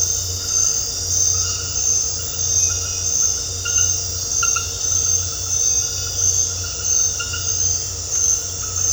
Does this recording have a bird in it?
no